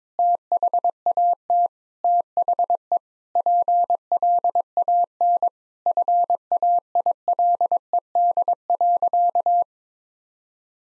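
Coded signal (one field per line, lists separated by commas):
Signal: Morse code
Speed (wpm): 22 wpm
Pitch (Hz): 700 Hz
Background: none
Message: THAT THE PLAN FAILED.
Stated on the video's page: Morse head-copy practice of sentences at 22 wpm, each sent, then spoken, then sent again.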